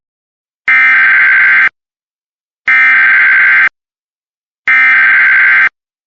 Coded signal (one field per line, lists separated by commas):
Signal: Emergency Alert System (SAME) tones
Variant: header bursts